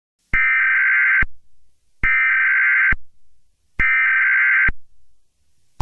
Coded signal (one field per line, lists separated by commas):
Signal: Emergency Alert System (SAME) tones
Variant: header bursts